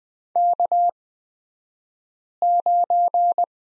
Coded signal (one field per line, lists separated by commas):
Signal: Morse code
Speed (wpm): 20 wpm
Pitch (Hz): 700 Hz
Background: none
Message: K9